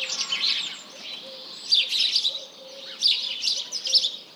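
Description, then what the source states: House Sparrows chirping in a thick chatter that rises and falls in waves, with faint pigeon cooing underneath. Large flock calling in the morning, mixed with various pigeons and other birds; 1 March 2007, 07:30.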